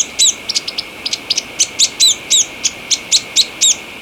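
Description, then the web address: White-throated tyrannulet calls: high, thin chips and hooked notes given in quick, uneven runs, some doubled, continuing without pause. Recorded in Ecuador. "Birds of Ecuador 2. White-Throated Tyrannulet"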